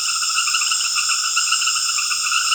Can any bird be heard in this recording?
no